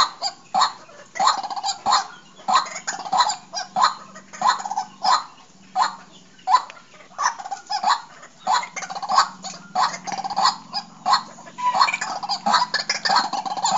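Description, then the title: Bird uttering a long series of scratchy, chattering call bursts, steady and repetitive, with a faint low hum underneath. "Suara Burung"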